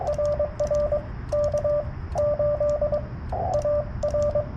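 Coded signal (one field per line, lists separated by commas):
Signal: Morse code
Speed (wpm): 21 wpm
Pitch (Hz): 590 Hz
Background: radio noise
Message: RR K 8 AR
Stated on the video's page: CW Parks On The Air activation with a Yaesu FT-891 100 W field rig in poor band conditions.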